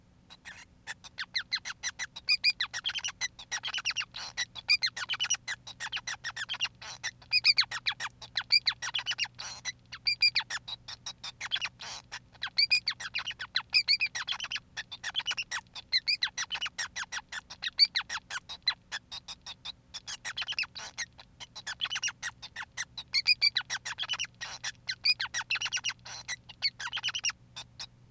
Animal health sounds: song of a male Bengalese finch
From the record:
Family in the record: son of father 5

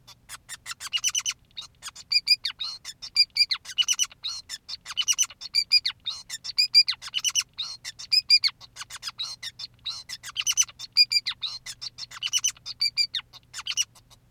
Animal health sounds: song of a male Bengalese finch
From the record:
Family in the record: son of father 2, and himself father 5

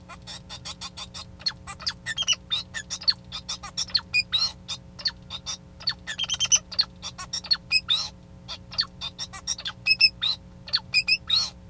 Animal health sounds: song of a male Bengalese finch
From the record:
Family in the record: son of father 2

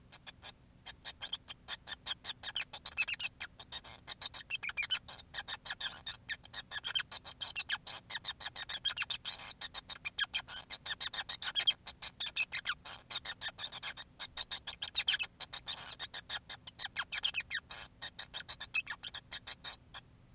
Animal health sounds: song of a male Bengalese finch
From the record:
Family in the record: son of father 5

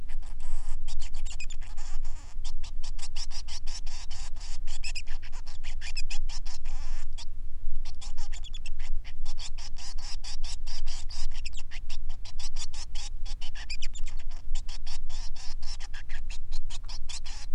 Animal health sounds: song of a male Bengalese finch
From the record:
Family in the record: son of father 3

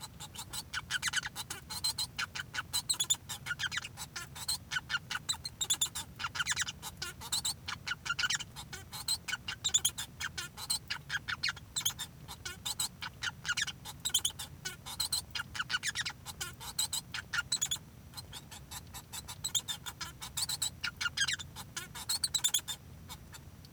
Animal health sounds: song of a male Bengalese finch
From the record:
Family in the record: son of father 1

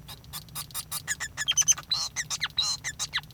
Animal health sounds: song of a male Bengalese finch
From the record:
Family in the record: son of father 5

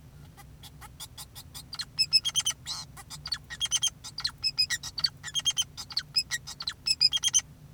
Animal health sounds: song of a male Bengalese finch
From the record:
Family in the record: son of father 2, and himself father 4

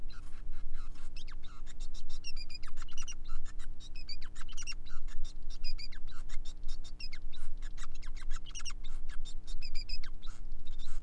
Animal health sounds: song of a male Bengalese finch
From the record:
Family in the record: son of father 5

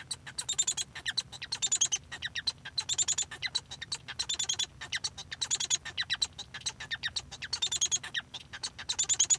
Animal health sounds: song of a male Bengalese finch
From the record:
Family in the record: son of father 1

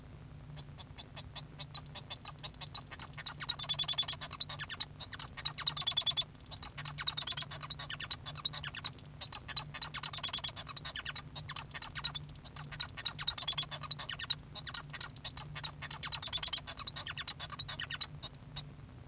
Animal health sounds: song of a male Bengalese finch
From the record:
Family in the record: son of father 1

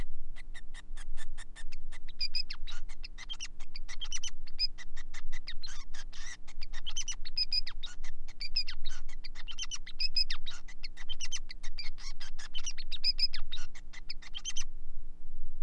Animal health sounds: song of a male Bengalese finch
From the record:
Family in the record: son of father 5

